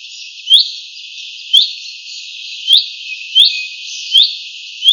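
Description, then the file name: Common chaffinch giving bright, clipped rising call notes, about one a second, six notes over a steady hiss. "Fringilla coelebs"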